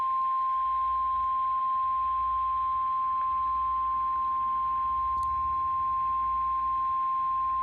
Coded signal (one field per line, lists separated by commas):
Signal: Emergency Alert System (SAME) tones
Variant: 1050 Hz attention tone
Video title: [EAS] Severe Thunderstorm Warning 6/14/24